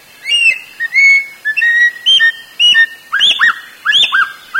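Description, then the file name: Sooty-headed Bulbul with whistled, slurred notes, some level and some rising then falling, in irregular short bursts. "suara burung samyong"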